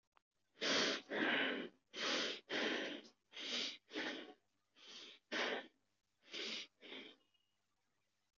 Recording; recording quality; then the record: deep breathing; excellent, no background noise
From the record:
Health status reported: recovered from COVID-19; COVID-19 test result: positive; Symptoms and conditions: none ticked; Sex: male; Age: 22 years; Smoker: not ticked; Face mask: not worn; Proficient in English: yes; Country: India